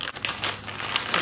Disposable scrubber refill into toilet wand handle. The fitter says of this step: with this once you pop the refill on it is so simple just take it just like this and you can hear it click click straight